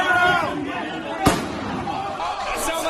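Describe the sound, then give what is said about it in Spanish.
A single sharp gunshot, which killed a protester, cracks out in a corridor of the US Congress at the Capitol during the January 2021 assault by hundreds of rioters, cutting briefly through a steady backdrop of agitated voices and crowd commotion. “Pues ese disparo que acaban de escuchar se producía en los pasillos del Congreso y le ha costado la vida a una de las manifestantes.”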